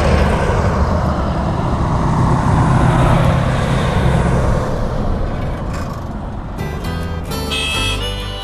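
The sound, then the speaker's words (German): A car swells past on a lonely road in the mountains of New Mexico, USA, with a broad, rushing engine and tyre roar that peaks mid-clip and fades away, followed by softer rumbling and faint sharp ticking tones near the end. “Und ab und an fährt ein Auto vorbei.”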